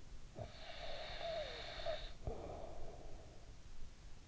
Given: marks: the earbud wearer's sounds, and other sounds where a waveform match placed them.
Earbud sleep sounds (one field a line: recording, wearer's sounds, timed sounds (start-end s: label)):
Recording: sounds in sleep by an in-ear microphone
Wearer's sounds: snoring breath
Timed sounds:
0.24-3.90 s: snoring breath